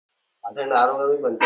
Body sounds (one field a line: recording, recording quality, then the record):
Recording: sustained vowel as in boot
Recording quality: poor, much background noise or distortion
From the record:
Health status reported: healthy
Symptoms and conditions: none ticked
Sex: male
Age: 21 years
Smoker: not ticked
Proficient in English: yes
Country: India